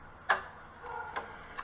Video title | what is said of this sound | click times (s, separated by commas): How To Replace The Air Intake Hose Tube For A Mercedes C250 W204 M271 2012 2015 1 8L | you're gonna hear this click | 0.3 s